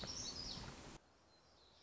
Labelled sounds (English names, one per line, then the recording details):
Black-throated Gray Warbler
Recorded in Sonoma County, California